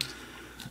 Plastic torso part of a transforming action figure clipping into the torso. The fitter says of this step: partie là ici finit par ce clipser mais on